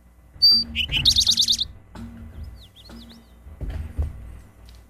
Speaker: They would say, drink your tea. So let's give a listen to the eastern towhee.